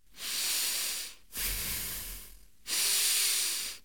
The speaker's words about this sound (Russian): Точно! Интересно, я ведь носом дышу. Как же воздух в легких оказывается? Сначала он попадает в ноздри, а оттуда в носовую полость.